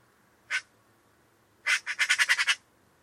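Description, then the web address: Bird giving harsh, buzzy calls: one short rasp, then a quick run of about eight scratchy notes after a pause. "Deverinetal 2025 File origin Bird Only"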